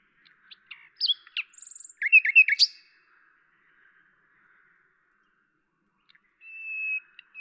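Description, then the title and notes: Common nightingale song: broken chirps and a short chattering burst, a pause, then one long, pure, steady whistle. Recorded at Lavours, France, on 10 May 1998, with a Tascam DAP-1 and Télinga microphone, edited in Samplitude 5.1. "D83, 01350 Lavours, France - rossignol à LAVOURS. 10/05/1998 Tascam DAP-1 Micro Télingua"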